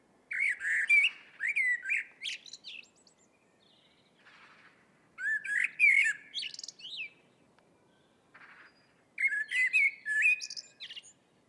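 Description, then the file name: Eurasian blackbird singing three mellow, fluted phrases with scratchy high flourishes at the ends, spaced roughly four to five seconds apart in a quiet setting. "Turdus merula"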